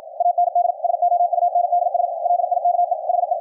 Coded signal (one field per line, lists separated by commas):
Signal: Morse code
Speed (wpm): 53 wpm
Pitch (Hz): 700 Hz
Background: radio noise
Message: AND SOUNDS LIKE HE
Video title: QRQ CW NET on 40 meters - recorded LIVE from an Elecraft K3S on 10-12-2019